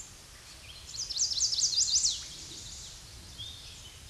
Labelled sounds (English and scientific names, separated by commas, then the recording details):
Chestnut-sided Warbler (Setophaga pensylvanica) song
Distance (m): 5 m
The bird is about level with the microphone
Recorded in a Pennsylvania forest on 16 May 2024 at 06:52
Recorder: AudioMoth, point MSD-2376
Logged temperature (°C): 16.7 °C
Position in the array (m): 150 m, -1 m